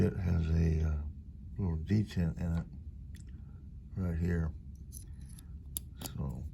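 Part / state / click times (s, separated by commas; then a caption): hex bit into multitool bit holder / seated / 5.8 s. Someone talks while a small metal hex bit with a detent is pressed into the bit holder of a Leatherman multitool accessory, with faint ticks as it is handled. The bit snaps into place with a sharp click at 5.8 s, and it is seated.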